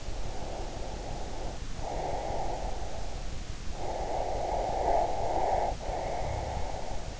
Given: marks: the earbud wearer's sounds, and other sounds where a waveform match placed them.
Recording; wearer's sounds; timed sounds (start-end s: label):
sounds in sleep by an in-ear microphone; breath
0.08-3.13 s: breath
3.78-7.20 s: breath